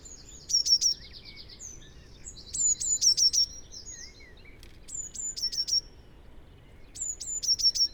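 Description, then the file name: Eurasian blue tit sings four phrases of clear high notes dropping into a trill, overlapped by buzzy trilling and chatter from other birds. "Cyanistes caeruleus"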